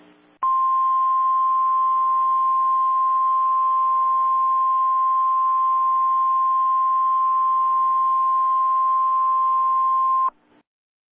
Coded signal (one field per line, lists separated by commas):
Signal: Emergency Alert System (SAME) tones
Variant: 1050 Hz attention tone